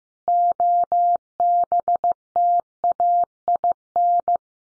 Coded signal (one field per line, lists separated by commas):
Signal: Morse code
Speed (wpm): 15 wpm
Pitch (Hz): 700 Hz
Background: none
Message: OBTAIN